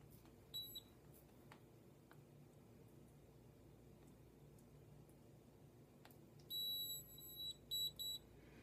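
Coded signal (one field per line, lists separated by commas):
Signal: beep code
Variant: Nu Skin Galvanic Face Spa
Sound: a short high beep early, then a run of several high electronic beeps near the end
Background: quiet room hum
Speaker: so that long beep indicates that your 5 minute session is finished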